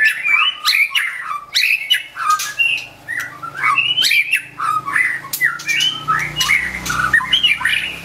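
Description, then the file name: White-rumped shama song: continuous stream of varied whistles and chattering notes, with a faint low hum underneath in the second half. Wild bird from the Medan forest, singing actively (gacor). "suara burung murai batu hutan medan gacor"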